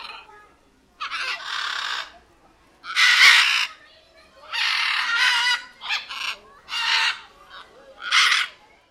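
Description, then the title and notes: Macaws giving harsh, raucous squawks in several bursts, some drawn out and grating, others short and clipped, with quiet gaps between. More than one macaw. "Guacamayas"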